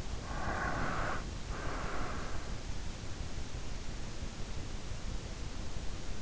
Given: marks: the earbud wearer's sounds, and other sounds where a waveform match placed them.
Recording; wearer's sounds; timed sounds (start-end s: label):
sounds in sleep by an in-ear microphone; breath
0.18-2.52 s: breath